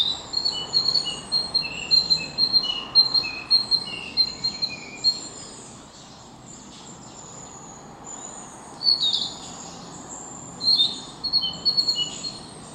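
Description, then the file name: Narcissus flycatcher singing short high whistled phrases, repeated rapidly, pausing midway before resuming; steady faint background hiss. Recorded on 9 May 2021. "20210509 キビタキ"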